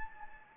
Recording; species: mosquito wingbeat signal from an infrared sensor; Anopheles gambiae